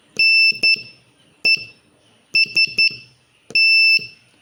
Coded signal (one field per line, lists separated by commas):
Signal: Morse code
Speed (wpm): 11 wpm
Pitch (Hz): 2650 Hz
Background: none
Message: NEST